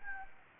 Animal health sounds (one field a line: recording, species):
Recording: mosquito wingbeat signal from an infrared sensor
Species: Anopheles gambiae